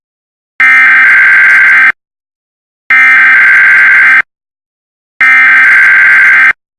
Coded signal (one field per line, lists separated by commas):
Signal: Emergency Alert System (SAME) tones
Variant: header bursts